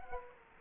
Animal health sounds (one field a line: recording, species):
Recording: mosquito wingbeat signal from an infrared sensor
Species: Anopheles gambiae